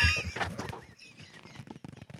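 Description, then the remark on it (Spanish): The zipper of a trouser fly is drawn, giving a rasping, clicky burst of teeth that starts loud and then breaks into quieter, uneven ticks and scrapes, with no talking over it. “¿No la tienes cremallera para hacer el ruido de la cremallera de sacar las monedas?”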